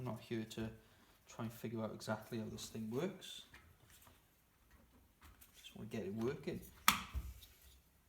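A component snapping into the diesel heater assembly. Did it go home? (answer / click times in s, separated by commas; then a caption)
yes / 6.9 s. While a diesel heater is reassembled after its glow plug and fuel filter were changed, a part is pressed into place and seats with one sharp, loud snap at 6.9 s. Someone talks before and after the snap, and the part snaps in easily.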